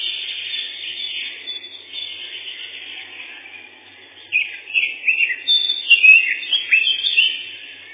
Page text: Славка-завирушка, или славка-мельничек — Sylvia curruca